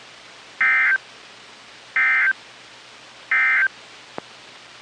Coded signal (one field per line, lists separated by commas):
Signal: Emergency Alert System (SAME) tones